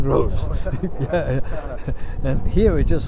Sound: both chuckle